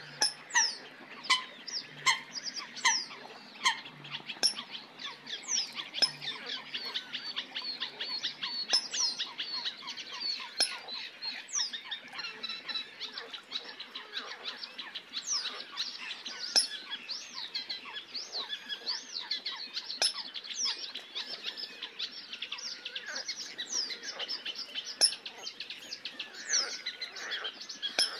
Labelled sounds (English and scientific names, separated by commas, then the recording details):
Eurasian Coot (Fulica atra) call
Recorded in the wild
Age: adult
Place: Kützerhof, Kummerower See, Mecklenburg-Vorpommern, DE
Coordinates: 53.8531, 12.8686
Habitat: wetland
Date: 2010-06-22
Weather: heiter, 8°C, schwacher Wind
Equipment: Sound Devices 702, Rode NT1-A Stereopaar
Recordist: Frommolt, Karl-Heinz